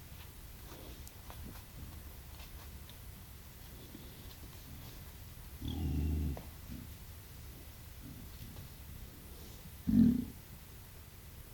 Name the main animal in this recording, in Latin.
Sus scrofa